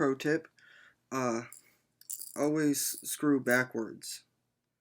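A case screw is turned backwards in the plastic housing of an Atari 2600 game console so that its thread can drop into the existing thread and avoid cross-threading. Someone talks throughout, with only faint handling noise between the words. Nothing has seated or clicked yet.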